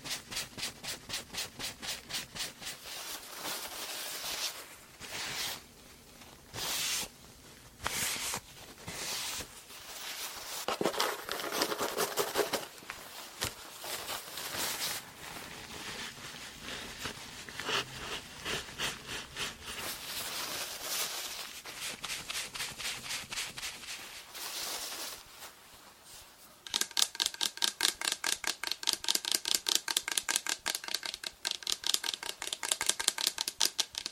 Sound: layered sound, tapping, hair brushing